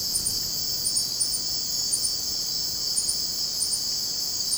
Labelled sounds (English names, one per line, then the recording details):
none
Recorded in secondary vegetation near Puerto Asís, Putumayo, Colombia, on 19 February 2024 at 04:00
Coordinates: 0.489, -76.322
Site G6419